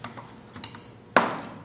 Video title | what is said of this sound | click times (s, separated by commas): Fab@Home Model 2 Build: Stage II Section 3 | Place it gently in until it snaps. | 1.2 s